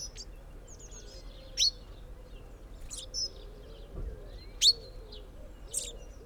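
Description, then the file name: Common chaffinch calls: short, sharp, high notes given singly at irregular intervals of about one to one and a half seconds, with a faint low hum beneath. "Fringilla coelebs"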